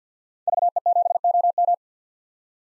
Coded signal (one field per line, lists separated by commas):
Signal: Morse code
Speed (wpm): 50 wpm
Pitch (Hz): 700 Hz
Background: none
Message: VE7OM